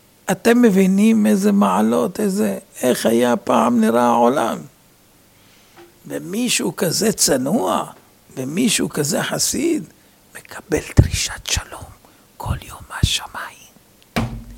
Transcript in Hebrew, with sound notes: אתם מבינים איזה מעלות, איך פעם נראה העולם? למי שהוא כזה שהוא, למי שהוא כזה חסיד- {הרב לוחש} מקבל דרישת שלום כל יום מהשמים.